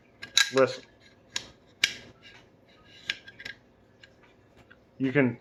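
A charging handle is put into its slot on a Ruger MPR rifle and held up against the top of the metal upper receiver until it snaps into place, with a sharp metallic click at 0.4 s as it seats. Further sharp clicks follow at about 1.4, 1.8 and 3.1 s, and someone talks near the end.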